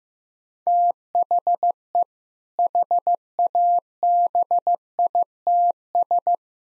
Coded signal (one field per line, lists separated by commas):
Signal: Morse code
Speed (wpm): 15 wpm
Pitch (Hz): 700 Hz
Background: none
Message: THE HABITS